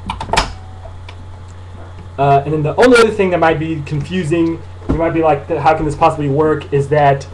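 A metal return spring is refitted onto a plastic key of an M-Audio Keystation MIDI keyboard after the key has been latched back on, giving short, sharp clicks at 0.1 and 0.2 s as the spring snaps back into place. A fainter tick follows at about 1.1 s, then someone talks for the rest of the clip.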